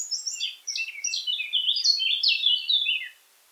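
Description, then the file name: Eurasian blackcap song, a dense rapid warble of quick high and mid notes lasting about three seconds, then silence. "Sylvia atricapilla"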